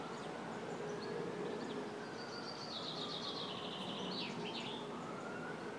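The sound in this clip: Bird song: one high, rapid trilled phrase that dips slightly toward its end, heard over a steady hiss with a faint low hum.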